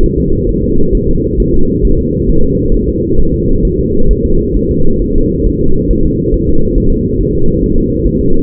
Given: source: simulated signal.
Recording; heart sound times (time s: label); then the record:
fetal heart sounds
0.04 s: S1
0.18 s: S2
0.49 s: S1
0.64 s: S2
0.95 s: S1
1.09 s: S2
1.40 s: S1
1.54 s: S2
1.85 s: S1
1.99 s: S2
2.29 s: S1
2.44 s: S2
2.74 s: S1
2.89 s: S2
3.19 s: S1
3.34 s: S2
3.65 s: S1
3.79 s: S2
4.11 s: S1
4.25 s: S2
4.56 s: S1
4.71 s: S2
5.02 s: S1
5.16 s: S2
5.46 s: S1
5.61 s: S2
5.91 s: S1
6.05 s: S2
6.34 s: S1
6.49 s: S2
6.78 s: S1
6.92 s: S2
7.21 s: S1
7.35 s: S2
7.64 s: S1
7.78 s: S2
8.07 s: S1
8.21 s: S2
From the record:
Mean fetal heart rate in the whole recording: 135 bpm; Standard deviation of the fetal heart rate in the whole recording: 3 bpm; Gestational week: 36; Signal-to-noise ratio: -19.1 dB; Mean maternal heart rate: 72 bpm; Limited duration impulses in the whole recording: present